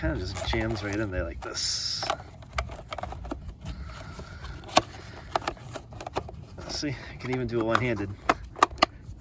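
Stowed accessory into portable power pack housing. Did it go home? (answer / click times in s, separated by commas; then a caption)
yes / 8.6 s, 8.8 s. A stowed accessory is pushed one-handed back into its holder on the plastic housing of a Cen-Tech 4-in-1 Portable Power Pack, a portable jump/power pack. Someone talks while scraping and handling noises play. Two sharp snaps at 8.6 and 8.8 seconds mark the part locking into place.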